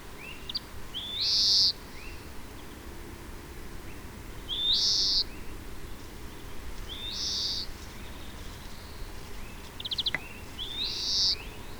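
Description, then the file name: European greenfinch repeating a nasal buzzy wheeze roughly every three seconds, with a short trill near the end. "Chloris chloris"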